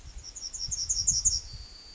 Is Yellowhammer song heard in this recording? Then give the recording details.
yes. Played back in forest. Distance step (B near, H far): D. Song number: 021